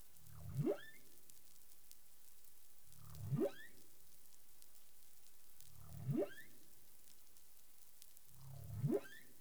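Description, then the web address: Humpback whale vocalizations: four brief low grunts rising steeply into upswept whoops, spaced about every three seconds, with faint clicks and hiss throughout. Recorded 20 April 2021 at 03:26 UTC. "CARIMAM. humpback whale 20210420 032642 UTC"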